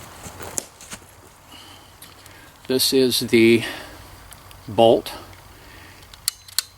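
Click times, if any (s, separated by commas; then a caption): 6.3 s, 6.6 s. Someone talks while pulling the metal bolt of a Crosman 1322 .22 caliber pneumatic carbine rearward in its receiver until it catches. Two sharp metallic clicks ring out at 6.3 s and 6.6 s as the bolt locks back into the cocked position.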